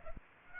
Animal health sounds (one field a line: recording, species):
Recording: mosquito wingbeat signal from an infrared sensor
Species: Aedes aegypti